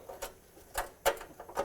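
A metal J-nut (spring clip nut) is squeezed and handled at the bumper bracket of a 2003-2021 Chevrolet Express 3500 before being pushed on. Short, sharp handling taps are heard, with the strongest near 0.8 s and 1.1 s and softer ones around 0.2 s, 1.4 s, 1.5 s and 1.6 s. Nothing has seated or clicked yet.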